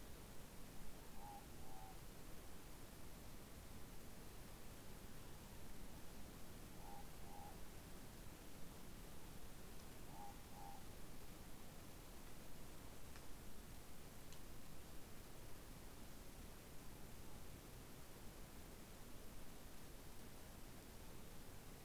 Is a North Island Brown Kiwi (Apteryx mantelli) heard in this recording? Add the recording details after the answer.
no. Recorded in New Zealand on 7 November 2014. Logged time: 22:14. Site CJ68